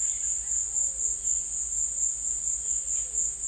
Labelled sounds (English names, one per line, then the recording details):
none
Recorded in secondary vegetation near Puerto Asís, Putumayo, Colombia, on 20 December 2024 at 16:30
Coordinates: 0.488, -76.319
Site GP04